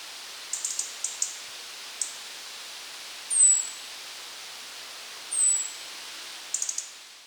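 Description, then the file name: European robin giving clusters of hard, clicking ticks singly, in twos and in threes, broken by two drawn-out, very high, thin descending whistles, against faint background hiss. "Erithacus rubecula"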